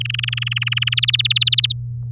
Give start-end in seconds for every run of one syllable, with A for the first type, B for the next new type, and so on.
0.00-0.94 A, 0.97-1.72 B